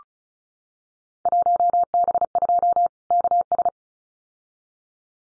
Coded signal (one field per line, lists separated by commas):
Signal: Morse code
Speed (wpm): 36 wpm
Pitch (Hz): 700 Hz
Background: none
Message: 1B2 KS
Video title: Field Day Exchange Encore 35wpm